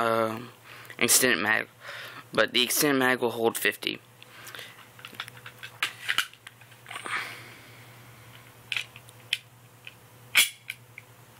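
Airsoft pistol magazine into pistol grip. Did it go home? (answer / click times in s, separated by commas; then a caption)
no / none. Someone talks while comparing airsoft pistol magazines for an Aftermath M93R and a WE G18C, then handles a plastic/metal airsoft pistol magazine at the pistol grip, making several sharp clicks and taps. The clip ends before the magazine goes in; nothing has seated or clicked home yet.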